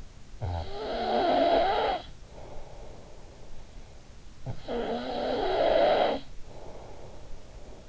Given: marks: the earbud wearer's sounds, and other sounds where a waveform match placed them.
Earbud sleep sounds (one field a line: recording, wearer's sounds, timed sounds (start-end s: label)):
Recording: sounds in sleep by an in-ear microphone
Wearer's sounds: snoring breath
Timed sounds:
0.23-3.75 s: snoring breath
3.92-7.89 s: snoring breath